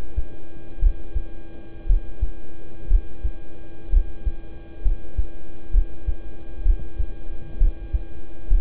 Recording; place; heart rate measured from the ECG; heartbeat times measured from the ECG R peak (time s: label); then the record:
heart sounds by stethoscope; between the tricuspid and mitral areas; 62 bpm
0.79 s: heartbeat
1.86 s: heartbeat
2.87 s: heartbeat
3.89 s: heartbeat
4.82 s: heartbeat
5.71 s: heartbeat
6.62 s: heartbeat
7.57 s: heartbeat
8.47 s: heartbeat
From the record:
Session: rest, lying down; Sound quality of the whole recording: good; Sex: male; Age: 26 years